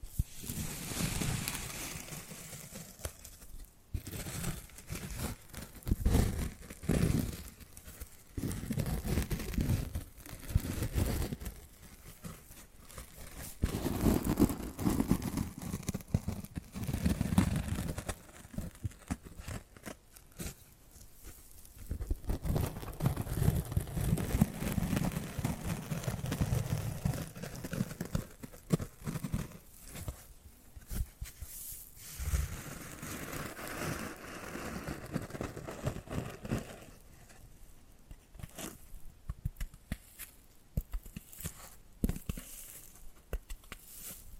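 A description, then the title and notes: Dry tapping and scratching run through the whole stretch, with dense clusters of quick taps and rough scraping strokes. Low thumping fills several passages, and brief pauses break the activity near twenty and thirty-seven seconds before it resumes. ASMR Hypnotic Tapping and Scratching Sounds (No Talking).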